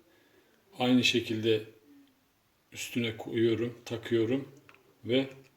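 A plastic cooktop control knob is placed onto its valve shaft while a man talks throughout. No distinct click stands out, and the knob has not seated or clicked into place yet.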